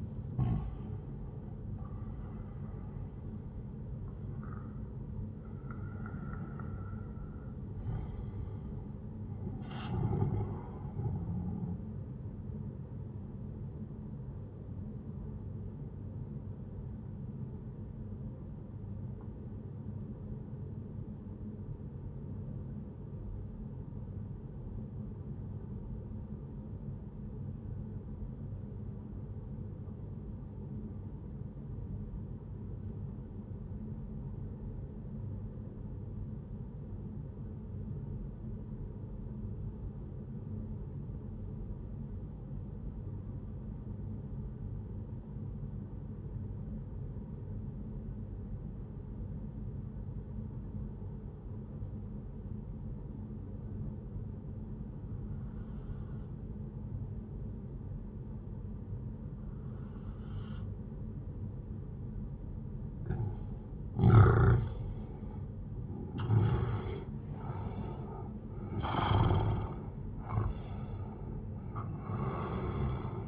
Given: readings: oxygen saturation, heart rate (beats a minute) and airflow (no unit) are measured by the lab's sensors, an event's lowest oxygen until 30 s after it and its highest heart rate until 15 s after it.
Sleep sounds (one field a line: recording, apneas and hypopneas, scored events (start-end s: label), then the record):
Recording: breathing in sleep by a smartphone at the bedside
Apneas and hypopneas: 1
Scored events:
17.00-62.50 s: obstructive apnea (N1, oxygen 97% highest, then 89% lowest, heart rate 70 at the start, 77 highest)
38.00-68.00 s: new sleep stage, N2 (light sleep)
68.00-73.28 s: new sleep stage, N1 (lightest sleep)
From the record:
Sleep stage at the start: N1 (lightest sleep)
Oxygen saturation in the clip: 93 to 97%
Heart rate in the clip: 62 to 77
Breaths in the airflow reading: 7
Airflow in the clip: -11.7 to 11.7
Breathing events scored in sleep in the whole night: 131 in 7.2 hours asleep